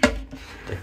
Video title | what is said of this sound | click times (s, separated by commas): Easy DIY Guide: How to Replace Your Old Toilet Seat with a Soft Close Seat | lock it into position until you hear the click, and then there you have it. | 0.0 s